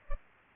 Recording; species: mosquito wingbeat signal from an infrared sensor; Culex pipiens